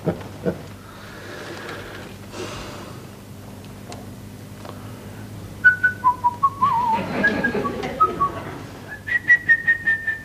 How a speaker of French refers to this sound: N'avez pas peur que ce soit une mauvaise note pour vous de siffler?